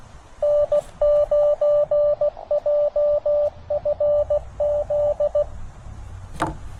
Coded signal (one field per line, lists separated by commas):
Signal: Morse code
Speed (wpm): 23 wpm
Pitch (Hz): 590 Hz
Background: radio noise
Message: N9JFZ